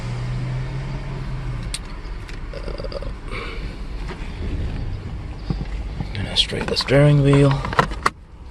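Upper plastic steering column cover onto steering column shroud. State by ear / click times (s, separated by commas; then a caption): seated / 8.1 s. The upper plastic steering column cover of a 2011–2014 Toyota Sienna is placed on top of the steering column shroud over a newly replaced wiper switch and pressed down while someone talks. A sharp snap at 8.1 s marks the cover seating in place.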